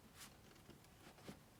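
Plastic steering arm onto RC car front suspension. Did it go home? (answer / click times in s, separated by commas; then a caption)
no / none. A plastic steering arm is handled against the front suspension ball joint of a Tamiya Dynastorm RC car chassis, producing soft rustling and a few faint plastic taps and scrapes. Nothing has snapped onto the ball joint or seated yet.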